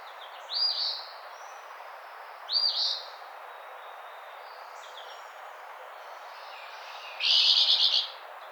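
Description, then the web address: Eastern phoebe giving two softer burry two-part phrases, then after a pause a louder, rapidly stuttering buzzy phrase. Recorded on 16 June 2009. "Eastern Phoebe 2009 06 16"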